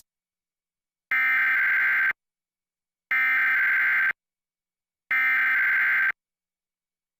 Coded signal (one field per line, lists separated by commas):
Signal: Emergency Alert System (SAME) tones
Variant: header bursts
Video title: NMPBS KNME-TV Emergency Alert System 8/30/2021